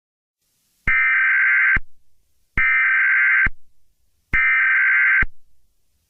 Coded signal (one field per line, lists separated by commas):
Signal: Emergency Alert System (SAME) tones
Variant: header bursts